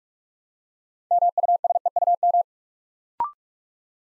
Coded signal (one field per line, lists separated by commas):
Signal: Morse code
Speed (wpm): 44 wpm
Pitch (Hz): 700 Hz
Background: none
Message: MUSEUM